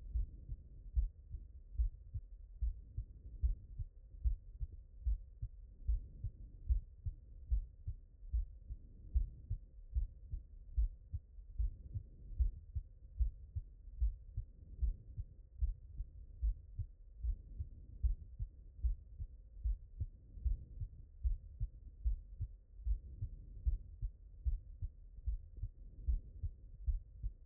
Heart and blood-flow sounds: heart sounds by stethoscope; mitral valve (MV)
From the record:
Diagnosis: non-HFrEF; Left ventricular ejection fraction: 56%

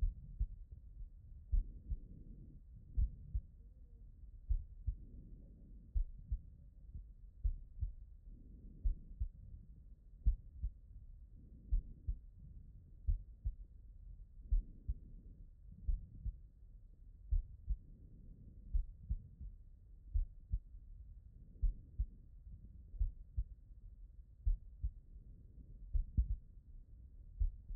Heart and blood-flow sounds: heart sounds by stethoscope; pulmonary valve (PV)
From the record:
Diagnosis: non-HFrEF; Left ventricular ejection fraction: 55%

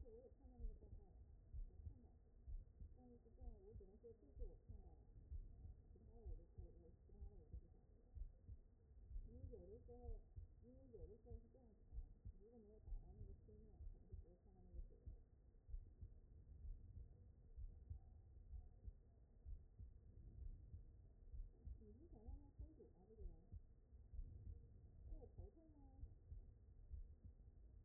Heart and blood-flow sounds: heart sounds by stethoscope; aortic valve (AV)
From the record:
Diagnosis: non-HFrEF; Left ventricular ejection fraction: 72%

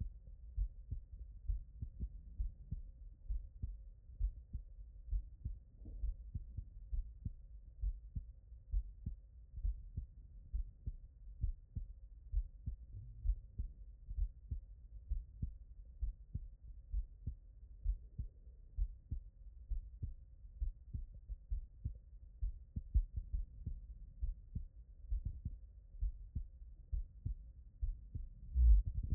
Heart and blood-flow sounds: heart sounds by stethoscope; tricuspid valve (TV)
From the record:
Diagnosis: non-HFrEF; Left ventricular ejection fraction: 62%

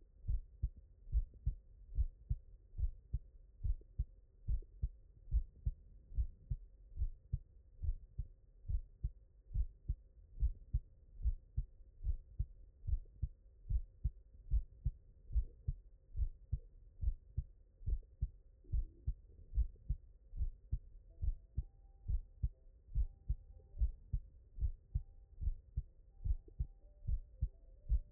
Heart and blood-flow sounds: heart sounds by stethoscope; mitral valve (MV)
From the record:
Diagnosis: non-HFrEF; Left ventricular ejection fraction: 60%

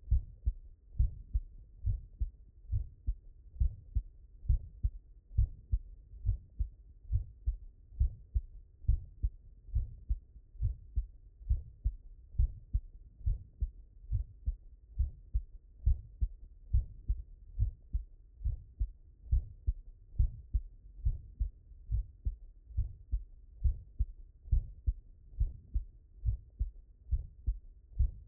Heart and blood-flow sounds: heart sounds by stethoscope; mitral valve (MV)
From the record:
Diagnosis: non-HFrEF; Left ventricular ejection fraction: 71%

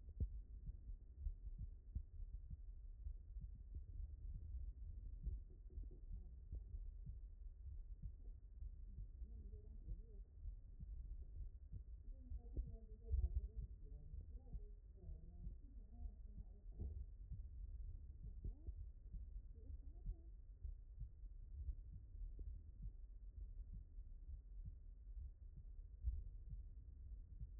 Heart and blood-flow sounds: heart sounds by stethoscope; aortic valve (AV)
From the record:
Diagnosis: non-HFrEF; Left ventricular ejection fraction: 60%

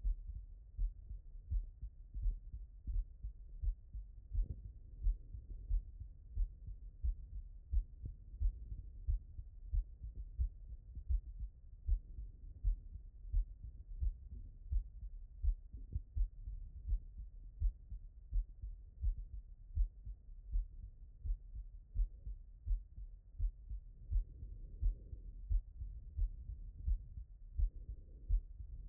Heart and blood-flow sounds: heart sounds by stethoscope; aortic valve (AV)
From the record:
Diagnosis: non-HFrEF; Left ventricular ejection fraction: 67%

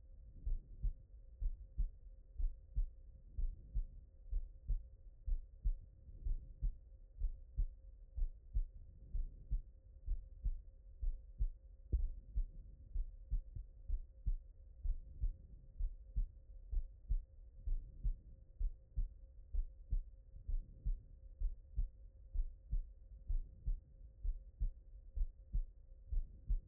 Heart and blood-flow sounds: heart sounds by stethoscope; pulmonary valve (PV)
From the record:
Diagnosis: non-HFrEF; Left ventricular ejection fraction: 66%

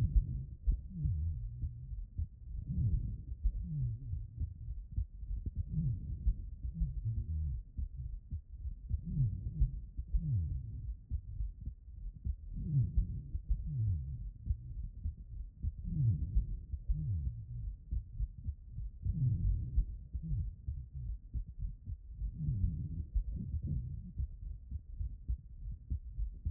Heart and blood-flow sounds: heart sounds by stethoscope; tricuspid valve (TV)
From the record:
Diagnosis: non-HFrEF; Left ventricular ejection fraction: 43%

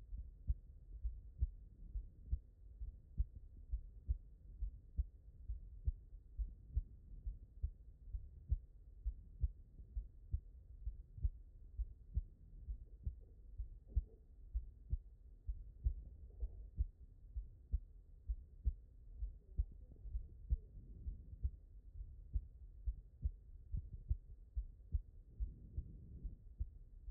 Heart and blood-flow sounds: heart sounds by stethoscope; pulmonary valve (PV)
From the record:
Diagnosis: non-HFrEF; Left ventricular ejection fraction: 58%

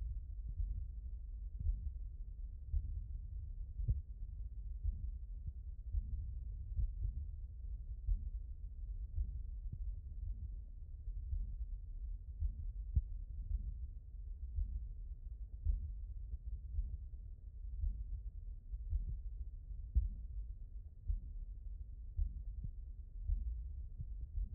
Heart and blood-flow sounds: heart sounds by stethoscope; aortic valve (AV)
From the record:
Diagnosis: non-HFrEF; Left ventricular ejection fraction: 55%

